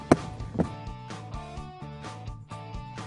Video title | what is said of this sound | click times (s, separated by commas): MyDealerSupply.com Pole Protector Installation Guide | this side and snap together | 0.1 s